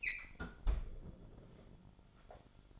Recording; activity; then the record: daily activity, microphone in the room; close fridge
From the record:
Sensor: 5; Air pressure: 1007.9 hPa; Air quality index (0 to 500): 91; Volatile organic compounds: 1 ppm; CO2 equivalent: 718 ppm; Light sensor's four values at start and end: 41/93/39/40 and 39/89/37/38